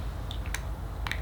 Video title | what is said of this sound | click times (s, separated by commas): Dillards Haul - Tom Ford, Valentino, Creed, Rebecca Minkoff - FRAGRANCE COLLECTION 2020 | the cap is not magnetic it snaps into place but i can appreciate that it does | 1.1 s